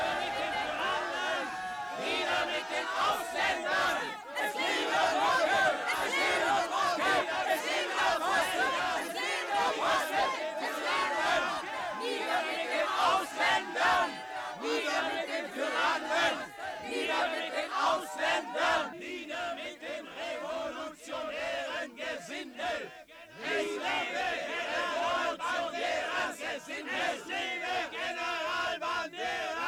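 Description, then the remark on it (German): An angry crowd yells and roars in a continuous tumult in a circus ring, a group of Spaniards protected by gendarmes bellowing and threateningly swinging clubs, many voices shouting over each other at a loud, steady level with occasional brief dips and surges. “Tumult! In der Manege, eine Gruppe Spanierken, von den Gendarmen beschützt, brüllen sie und schwingen drohend die Knüttel.”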